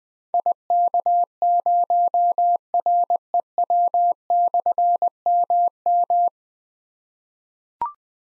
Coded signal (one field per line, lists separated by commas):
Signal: Morse code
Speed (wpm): 20 wpm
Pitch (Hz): 700 Hz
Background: none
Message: IK0REW/MM